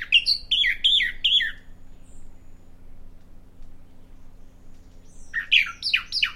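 Bahama mockingbird song: a rapid run of scratchy descending phrases, a long pause, then another quick burst of similar harsh, varied notes.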